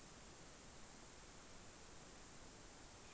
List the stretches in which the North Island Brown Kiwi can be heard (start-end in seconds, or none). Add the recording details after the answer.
none. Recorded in New Zealand on 14 February 2012. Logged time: 02:13. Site DH65